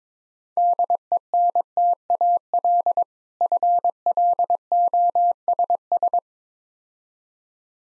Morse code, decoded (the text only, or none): DENTAL FLOSS